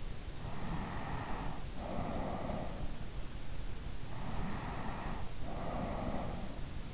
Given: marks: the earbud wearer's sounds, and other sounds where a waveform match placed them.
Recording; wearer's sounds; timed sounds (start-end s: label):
sounds in sleep by an in-ear microphone; breath
0.22-3.31 s: breath
3.46-6.94 s: breath